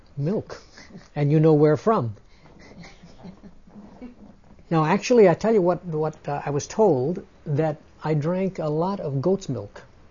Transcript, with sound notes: Milk. And you know where from. (laughs) Now, actually, I'll tell you what I was told, that I drank a lot of goat's milk.